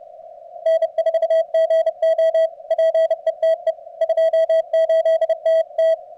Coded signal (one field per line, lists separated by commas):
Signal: Morse code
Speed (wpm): 30 wpm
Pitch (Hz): 650 Hz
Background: radio noise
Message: N4GO PETE 28TT